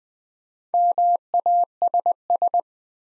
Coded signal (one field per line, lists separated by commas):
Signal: Morse code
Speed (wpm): 20 wpm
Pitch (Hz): 700 Hz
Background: none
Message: MASS